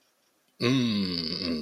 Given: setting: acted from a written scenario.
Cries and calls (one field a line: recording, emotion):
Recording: vocal sound without words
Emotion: desire